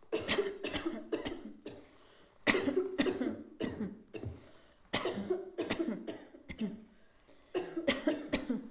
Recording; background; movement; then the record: voluntary coughing; a bystander coughing; sitting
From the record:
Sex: female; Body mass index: 25.5 kg/m2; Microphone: on the chest, facing outward